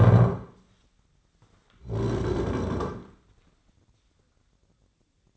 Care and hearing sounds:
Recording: daily activity, microphone in the room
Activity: stand up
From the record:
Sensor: 3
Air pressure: 1009.2 hPa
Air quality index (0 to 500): 182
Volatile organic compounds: 3 ppm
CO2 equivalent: 1469 ppm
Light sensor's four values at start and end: 51/131/57/59 and 27/67/30/33

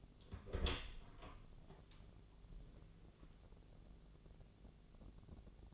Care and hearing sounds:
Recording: daily activity, microphone in the room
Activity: open door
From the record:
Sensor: 4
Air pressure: 1001.2 hPa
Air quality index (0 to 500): 182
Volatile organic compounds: 2 ppm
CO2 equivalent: 1300 ppm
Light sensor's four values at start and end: 16/38/16/16 and 15/34/14/14

